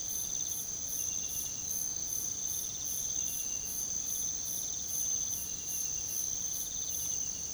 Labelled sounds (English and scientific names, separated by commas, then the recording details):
none
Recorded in pastures near Puerto Asís, Putumayo, Colombia, on 9 March 2025 at 05:00
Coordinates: 0.486, -76.323
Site G075